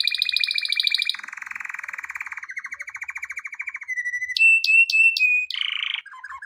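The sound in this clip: Canary singing a sequence of buzzy rattling trills, then clear whistled notes, then a brief trill and soft notes at the end.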